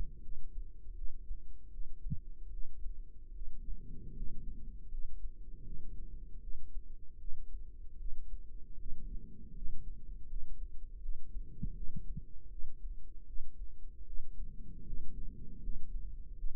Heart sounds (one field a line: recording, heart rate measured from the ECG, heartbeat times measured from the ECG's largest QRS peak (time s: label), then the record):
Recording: heart sounds by microphone in the right ear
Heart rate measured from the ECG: 78 bpm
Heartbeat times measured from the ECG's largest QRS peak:
0.20 s: heartbeat
0.93 s: heartbeat
1.69 s: heartbeat
2.49 s: heartbeat
3.31 s: heartbeat
4.12 s: heartbeat
4.88 s: heartbeat
5.62 s: heartbeat
6.39 s: heartbeat
7.17 s: heartbeat
7.96 s: heartbeat
8.76 s: heartbeat
9.52 s: heartbeat
10.26 s: heartbeat
10.99 s: heartbeat
11.73 s: heartbeat
12.48 s: heartbeat
13.24 s: heartbeat
14.03 s: heartbeat
14.83 s: heartbeat
15.59 s: heartbeat
16.34 s: heartbeat
From the record:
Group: healthy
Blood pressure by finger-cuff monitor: 112/67 mmHg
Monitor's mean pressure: 82 mmHg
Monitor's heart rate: 78 bpm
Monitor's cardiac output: 7.7 L/min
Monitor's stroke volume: 98 mL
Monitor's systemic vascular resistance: 750 dyn s/cm5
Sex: male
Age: 33 years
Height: 179 cm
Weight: 80.4 kg